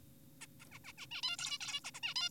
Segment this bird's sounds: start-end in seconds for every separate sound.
0.41-0.46, 0.60-0.65, 0.72-0.79, 0.84-0.92, 0.98-1.07, 1.12-1.22, 1.23-1.37, 1.39-1.58, 1.61-1.80, 1.84-1.91, 1.94-2.01, 2.03-2.14, 2.16-2.29